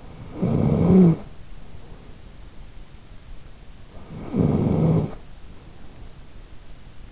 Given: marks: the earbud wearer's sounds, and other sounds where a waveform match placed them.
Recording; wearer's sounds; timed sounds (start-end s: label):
sounds in sleep by an in-ear microphone; snoring breath
0.00-2.47 s: snoring breath
3.92-6.60 s: snoring breath